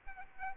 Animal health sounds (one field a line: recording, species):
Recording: mosquito wingbeat signal from an infrared sensor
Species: Aedes aegypti